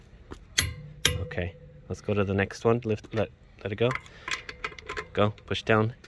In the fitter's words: push down until it clicks